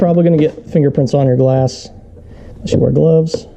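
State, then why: Not seated. Someone talks while handling the side mirror glass of a McLaren, about to press it back onto its mount inside the new mirror case after the two heater plugs are connected. The mirror glass has not clicked into the housing yet; nothing has seated in this clip.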